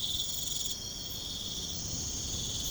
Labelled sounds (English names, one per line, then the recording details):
none
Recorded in pastures near Puerto Asís, Putumayo, Colombia, on 13 March 2025 at 04:30
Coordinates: 0.505, -76.324
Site GP08